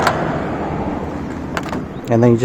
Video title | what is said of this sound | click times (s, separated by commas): Honda VFR800F 2015 8th Gen walkaround/review after 11000+ miles ownership | and I'll take it off now so I'll I'll lift this up that unlocks the the latch inside | 1.6 s